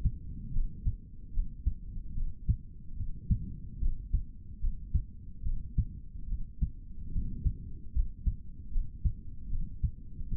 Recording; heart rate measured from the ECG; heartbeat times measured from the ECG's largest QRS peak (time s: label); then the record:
heart sounds by stethoscope; 74 bpm
0.52 s: heartbeat
1.32 s: heartbeat
2.13 s: heartbeat
2.95 s: heartbeat
3.79 s: heartbeat
4.60 s: heartbeat
5.43 s: heartbeat
6.27 s: heartbeat
7.11 s: heartbeat
7.93 s: heartbeat
8.71 s: heartbeat
9.49 s: heartbeat
10.27 s: heartbeat
From the record:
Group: healthy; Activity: cold pressor test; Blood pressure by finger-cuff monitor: 107/55 mmHg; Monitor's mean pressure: 72 mmHg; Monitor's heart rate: 73 bpm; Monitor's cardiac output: 3.5 L/min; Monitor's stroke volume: 49 mL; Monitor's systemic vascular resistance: 1180 dyn s/cm5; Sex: male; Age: 55 years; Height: 167 cm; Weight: 57.2 kg